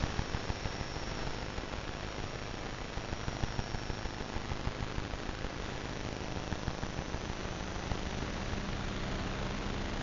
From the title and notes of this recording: Vlad designed it for hearing the invisible electromagnetic frequencies that surround us. Ether is a handheld object, a little black box, that contains a magnetic antenna and an integrated electronic antenna. This episode of sonic sketchbooks is built entirely from sounds detected by Ether as I wandered about the streets of my local neighbourhood.